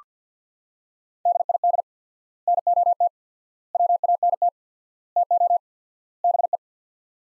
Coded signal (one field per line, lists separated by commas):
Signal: Morse code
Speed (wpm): 45 wpm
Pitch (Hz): 700 Hz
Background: none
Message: DID NOT WANT TO BE